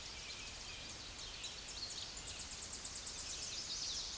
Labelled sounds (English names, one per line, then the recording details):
Tennessee Warbler song
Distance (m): 25 m
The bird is about level with the microphone
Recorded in a Pennsylvania forest on 16 May 2024 at 07:25
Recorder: AudioMoth, point MSD-0521
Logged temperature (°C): 15.8 °C
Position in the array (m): 69 m, 92 m